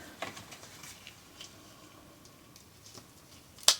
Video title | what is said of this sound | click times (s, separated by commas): How To Do Highlights At Home (Easy Tutorial) | and then they snap right in. | 3.7 s